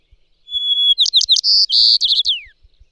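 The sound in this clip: White-crowned sparrow song opening with a pure whistle, followed by choppy chirps, two buzzy notes and a descending slur; soft low thumps tick steadily underneath.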